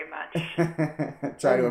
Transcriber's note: chuckle